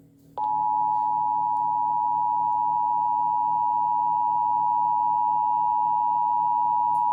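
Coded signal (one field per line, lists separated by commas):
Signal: Emergency Alert System (SAME) tones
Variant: 853 and 960 Hz attention tone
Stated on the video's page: Real EAS tornado watch alerts, first alert received on the 74-200.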